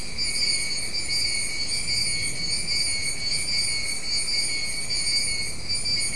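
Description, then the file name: Steady insect chorus with bright, layered high-pitched buzzing that wavers slightly in loudness, with a faint low hum underneath. "mainly insect"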